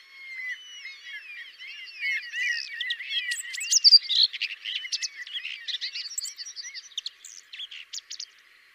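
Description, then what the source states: Common whitethroat song opening with soft looping whistled notes, then building into loud, scratchy, chattering phrases that fade toward the end. Variant 5.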